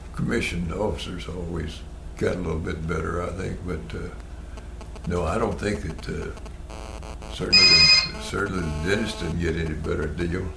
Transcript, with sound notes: Commissioned officers always got a little bit better, I think, but…no, I don’t think that…certain, (Loud phone ring) certainly dentists didn’t get any better deal.